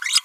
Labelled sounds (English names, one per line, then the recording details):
Green-rumped Parrotlet babbling
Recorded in a nest box in Venezuela
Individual 18B25A4